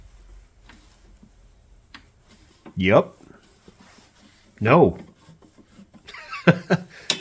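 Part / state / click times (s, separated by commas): fine-thread screw into a mower part / stripped / 6.5 s, 7.1 s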